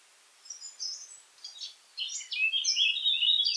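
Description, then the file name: Eurasian blackcap song: soft, thin opening notes, then a loud, rapid flourish of clear, fluty warbled notes. "Sylvia atricapilla"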